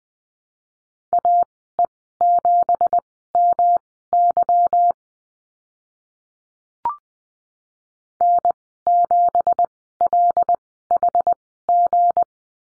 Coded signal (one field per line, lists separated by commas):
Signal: Morse code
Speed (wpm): 19 wpm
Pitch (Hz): 700 Hz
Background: none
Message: AE7MY N7LHG